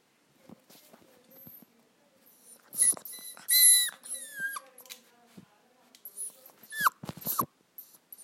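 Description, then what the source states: Dog: puppy crying with high, squeaky whines and sharp descending yelps, some noisy and scratchy, with softer whimpers between louder bursts. A young puppy, crying.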